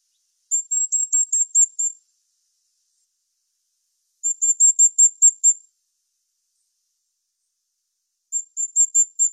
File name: Canto do bisbis comum